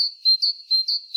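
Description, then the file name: Great tit calls: several short, high, thin notes in quick succession, each a brief steady whistle. "Parus major"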